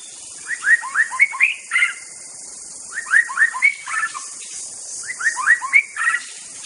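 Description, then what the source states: White-rumped shama song: a phrase of quick upslurred whistled notes ending in a longer note, repeated three times. Wild forest white-rumped shama (Indonesian 'murai batu hutan').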